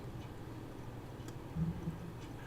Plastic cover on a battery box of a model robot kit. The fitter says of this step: the batteries in slide the backplate button until it locks into place and